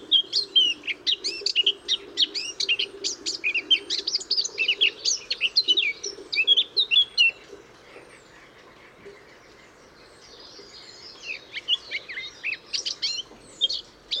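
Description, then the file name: Eurasian blackcap warbling steadily with dense chattering notes for several seconds. After a pause, a second quieter, softer run of twittering follows. "Sylvia atricapilla"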